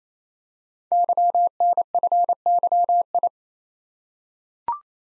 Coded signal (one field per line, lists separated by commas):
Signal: Morse code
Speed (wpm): 27 wpm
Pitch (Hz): 700 Hz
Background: none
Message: YNFYI